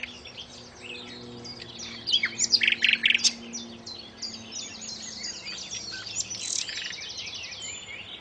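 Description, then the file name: Common nightingale song, busy and high: clusters of rapid clicks and a brief rattling trill, then a stream of varied chirps and sweeps with a low hum underneath. "suara burung nightingale om kicau"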